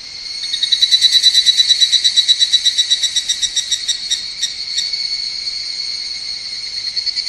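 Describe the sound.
Higurashi cicada call: a fast, ringing series of high pulses that swells and then fades over a steady high drone.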